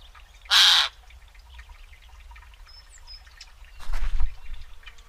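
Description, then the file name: Eurasian jay uttering a single loud, harsh screech near the start, followed by a softer, rougher noisy burst about three seconds later and a low background rumble. "Garrulus glandarius"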